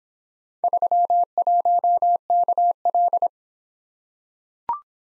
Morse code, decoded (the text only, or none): 31KL